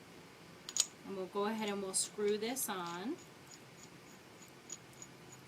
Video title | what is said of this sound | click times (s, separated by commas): Hand Adapter | this portion will snap right in there | 0.7 s, 0.8 s